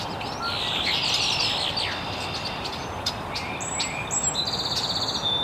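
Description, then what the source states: Birds chirping: high thin twittering notes, then a fast buzzy trill near the end, over a steady broad hiss of background noise. Birds chirping very early in the morning in an estuary.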